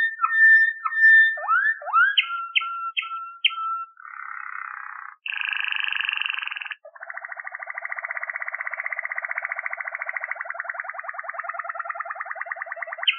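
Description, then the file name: Waterslager canary song of mixed whistles and short repeated notes, brief buzzy bursts, then a sustained rapid rolling trill. Waterslager canary breed; song variations. "variasi suara kenari waterslager"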